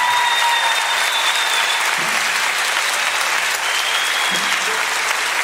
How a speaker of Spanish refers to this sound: otro aplauso para esta obra. Un día, décima temporada.